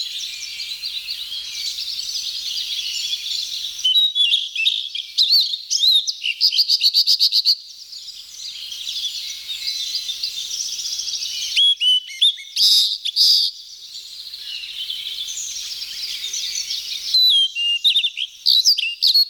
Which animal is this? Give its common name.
Blue-and-white Flycatcher